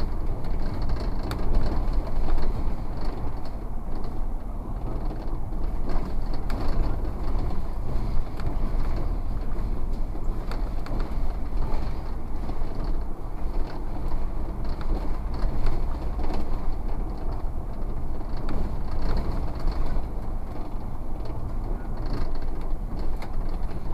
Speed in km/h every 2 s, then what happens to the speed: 35, 37, 36, 34, 33, 34, 38, 39, 41, 40, 39, 34.
0-9 steady at about 35. 9-17 speeds up to 41. 17-24 slows to 34.